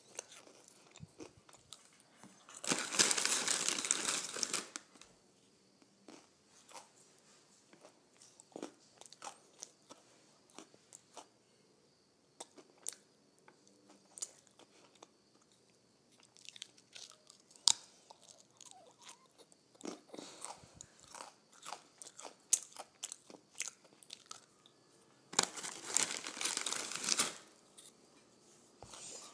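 Potato chips are crunched in a string of short, dry clicks and crackles scattered through the clip, some quick clusters and some lone snaps. Two louder bursts of dense, bright rustling, around three to five seconds and again near twenty-six seconds, stand out against quiet gaps.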